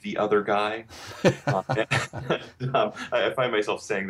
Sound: laughter